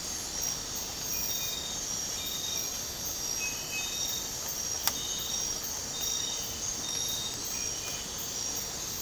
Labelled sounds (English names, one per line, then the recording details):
none
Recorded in dense forest near Puerto Asís, Putumayo, Colombia, on 12 March 2025 at 05:30
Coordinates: 0.467, -76.328
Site G041